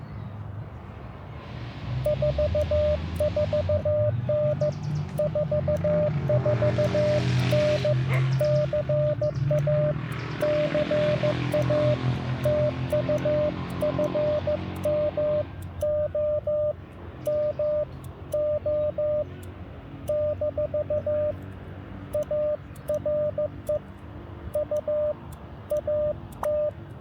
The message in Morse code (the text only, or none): 44N 44N CA CA TU FM OM O - ARE U AT